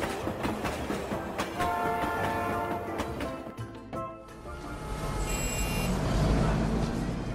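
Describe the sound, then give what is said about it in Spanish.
A train heading into a city centre rumbles steadily along the rails with a low, continuous roar, rhythmic clacking, and sustained horn-like tones sounding over it, the noise swelling louder toward the end. “Por la tarde fueron en autobús y en tren al centro de la ciudad.”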